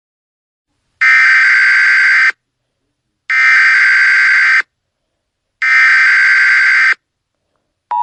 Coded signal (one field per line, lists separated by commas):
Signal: Emergency Alert System (SAME) tones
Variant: header bursts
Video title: EAS SCENARIO 11: Cretaceous and Maelstrom